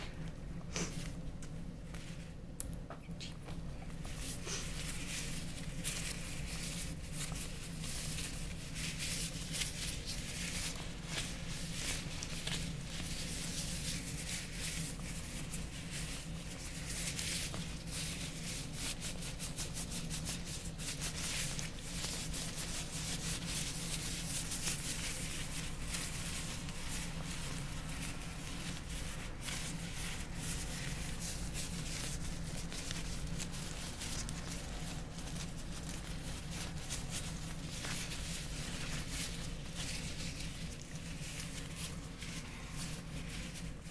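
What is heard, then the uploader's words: Vinyl gloves rub and crinkle as hands move, a dense, steady rustling that carries on for the whole stretch with little letup. Quick scratchy strokes and squeaks come in irregular bursts over a constant low hum, with a sharp tap near the start. ASMR Vinyl Gloves Sounds + Hand Movements.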